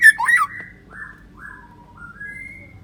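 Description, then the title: White-rumped shama song: a loud burst of rich whistling followed by soft, sustained whistled notes stepping down and then rising again. "murai batu"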